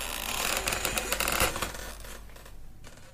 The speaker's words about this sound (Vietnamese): Cánh cửa gỗ từ từ khép lại, vang lên đến rợn cả người, lạnh lùng như là lòng của cái đám người nhà này vậy.